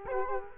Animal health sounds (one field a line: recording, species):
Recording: mosquito wingbeat signal from an infrared sensor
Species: Culex quinquefasciatus